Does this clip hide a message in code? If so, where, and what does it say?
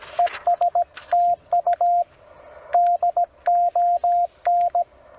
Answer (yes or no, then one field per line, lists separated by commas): yes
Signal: Morse code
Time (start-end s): 0.2-4.8 s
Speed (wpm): 17 wpm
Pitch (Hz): 700 Hz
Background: radio noise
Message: ES TU DON